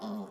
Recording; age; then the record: pig call; piglet (1 to 25 days)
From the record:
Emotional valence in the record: negative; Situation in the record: short isolation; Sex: female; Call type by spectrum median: low-frequency call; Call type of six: low-frequency stable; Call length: 0.31 s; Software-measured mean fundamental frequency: 52 Hz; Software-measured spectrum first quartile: 211 Hz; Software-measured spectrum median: 364 Hz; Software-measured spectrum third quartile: 871 Hz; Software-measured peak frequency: 212 Hz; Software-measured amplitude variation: 77 dB a second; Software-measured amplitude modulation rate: 24.2 a second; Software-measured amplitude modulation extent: 3.2 dB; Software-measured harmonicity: 6.4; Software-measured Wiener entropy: -0.56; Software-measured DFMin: 1306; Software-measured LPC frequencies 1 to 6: 3425, 4350, 5194, 5894, 6829, 7593 Hz